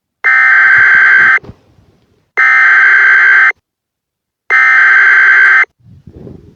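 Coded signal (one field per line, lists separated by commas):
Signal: Emergency Alert System (SAME) tones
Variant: header bursts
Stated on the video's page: Mock EAS volcano warning, not a real alert.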